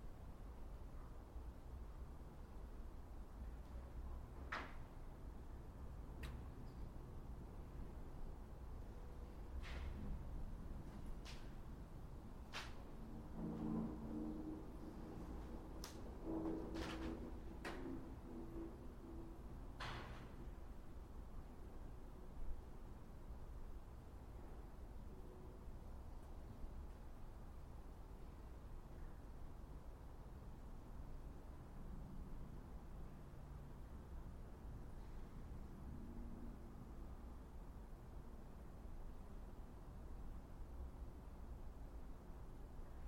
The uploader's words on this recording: Mausoleum - Piedmont, CA. Zoom H6 XY Stereo Mic Capsule. Unbranded Mini Mic Stand. Magnetic Microphone Mounts.